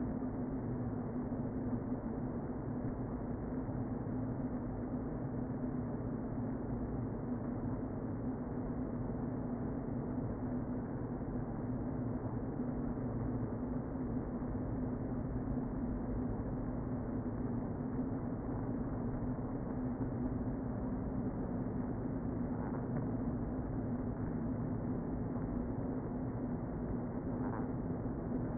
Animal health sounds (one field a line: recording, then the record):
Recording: honeybee colony, microphone inside the hive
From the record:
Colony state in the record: queen present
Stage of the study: before two queens were removed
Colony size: about 60,000 bees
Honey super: yes